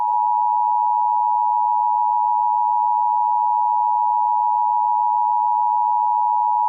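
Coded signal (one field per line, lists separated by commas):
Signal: Emergency Alert System (SAME) tones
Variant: 853 and 960 Hz attention tone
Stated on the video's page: Fictional analog horror EAS scenario about a global earthquake.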